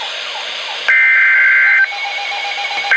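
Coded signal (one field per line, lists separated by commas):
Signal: Emergency Alert System (SAME) tones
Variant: header bursts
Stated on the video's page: Real alerts: severe thunderstorm warnings and special marine warnings.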